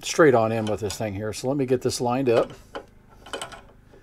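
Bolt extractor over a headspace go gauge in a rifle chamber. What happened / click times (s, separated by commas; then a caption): Handled and lined up, not yet seated / none. Someone talks while lining up the bolt of a Remington 1903 Springfield rifle, with the extractor left on, to push it forward over a steel headspace go gauge dropped into the rifle chamber. A couple of brief, light metallic ticks follow near 3.3 and 3.4 seconds as the parts are handled. Nothing has seated or clicked yet; the extractor has not snapped over the gauge rim.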